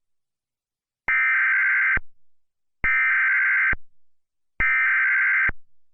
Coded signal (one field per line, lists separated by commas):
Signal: Emergency Alert System (SAME) tones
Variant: header bursts